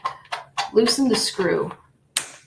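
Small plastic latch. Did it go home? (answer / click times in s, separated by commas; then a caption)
yes / 2.2 s. Someone talks while closing the quick-release latch of an embroidery hoop over the fabric after loosening the screw. The latch shuts with one sharp click at 2.2 seconds, confirmed as the sound it should make.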